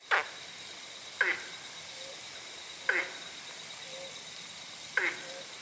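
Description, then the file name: Ornate burrowing frog giving four short, abrupt calls at uneven intervals, with faint softer notes between them over a steady low hiss. "platyplectrum ornatum"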